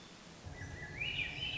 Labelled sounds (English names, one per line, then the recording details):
Swainson's Thrush
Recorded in Sonoma County, California